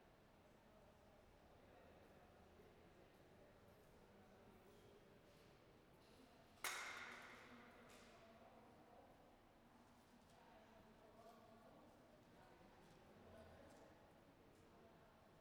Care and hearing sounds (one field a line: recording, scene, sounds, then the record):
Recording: everyday scene through a hearing-aid microphone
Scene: reverberant space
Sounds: background noise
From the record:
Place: railway station hall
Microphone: behind the ear, right, rear